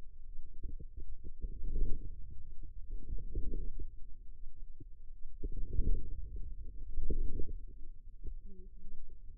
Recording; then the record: forearm muscle sounds (acoustic myography)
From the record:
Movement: inward rotation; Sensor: system 2, bracelet of six BSWA MPA416 microphones around the upper forearm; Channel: 5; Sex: female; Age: 21 years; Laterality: right